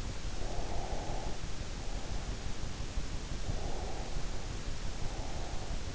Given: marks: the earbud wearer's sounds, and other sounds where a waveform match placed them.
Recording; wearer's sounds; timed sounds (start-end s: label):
sounds in sleep by an in-ear microphone; breath
0.32-2.48 s: breath
3.45-5.87 s: breath